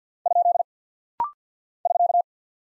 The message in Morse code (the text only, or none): ? <SK>